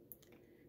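A hinged plastic lightsaber panel on a Sideshow Collectibles R2-D2 1/6 scale figure, which had not been closing properly, is worked shut by hand. It snaps closed with a sharp click at 0.1 s, followed by two fainter ticks at about 0.2 and 0.3 s. The panel is seated.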